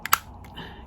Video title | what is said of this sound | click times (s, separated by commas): VLOG Week 46 2021 | click into place like that | 0.1 s